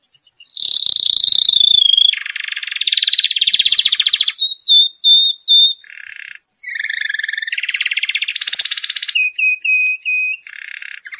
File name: Canary_bird